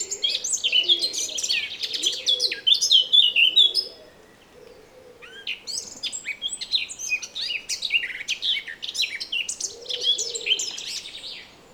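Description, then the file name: Eurasian blackcap singing a rapid chattering warble, a short pause, then another busy phrase; low cooing in the background. "Sylvia atricapilla"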